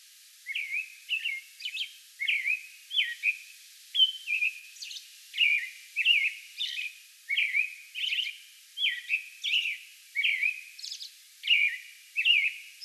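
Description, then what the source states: American robin singing a steady, fast run of clear whistled carols, rising and falling phrases tumbling one after another with few breaks, thin high notes scattered throughout. Song bout on May 11.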